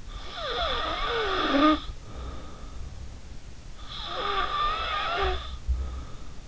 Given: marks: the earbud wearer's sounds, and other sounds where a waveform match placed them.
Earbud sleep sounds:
sounds in sleep by an in-ear microphone; snoring breath
0.10-2.88 s: snoring breath
3.79-6.41 s: snoring breath

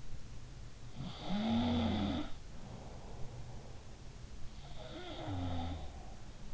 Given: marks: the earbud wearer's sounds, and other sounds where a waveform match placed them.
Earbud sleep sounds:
sounds in sleep by an in-ear microphone; breath
0.64-4.31 s: sound from someone else or the room
2.46-4.31 s: breath
4.64-6.54 s: sound from someone else or the room
5.90-6.54 s: breath

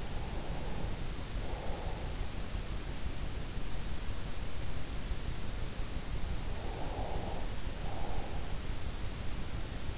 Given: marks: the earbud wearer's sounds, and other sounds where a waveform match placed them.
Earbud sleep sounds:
sounds in sleep by an in-ear microphone; breath
0.00-2.24 s: breath
6.26-8.67 s: breath

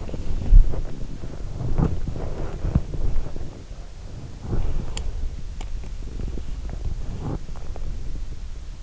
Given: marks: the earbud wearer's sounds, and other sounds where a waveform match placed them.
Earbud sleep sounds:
sounds in sleep by an in-ear microphone; body movement
0.00-5.38 s: body movement

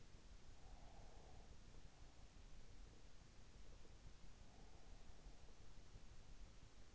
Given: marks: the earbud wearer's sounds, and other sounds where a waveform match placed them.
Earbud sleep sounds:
sounds in sleep by an in-ear microphone; breath
0.27-1.56 s: breath

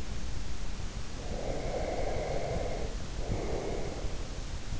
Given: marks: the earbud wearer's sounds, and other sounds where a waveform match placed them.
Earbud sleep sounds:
sounds in sleep by an in-ear microphone; breath
1.26-4.24 s: breath

